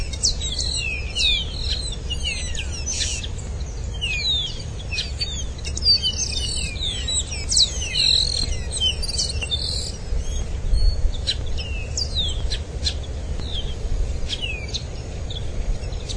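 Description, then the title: Bird song of dense rapid twittering, high chirps and short sweeps tumbling continuously, with a constant low hum underneath. "LuckyPassaro Completos2Sama"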